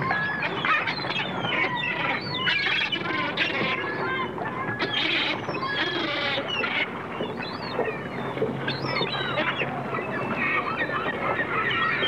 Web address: bird seagulls chirping surf and boats in bg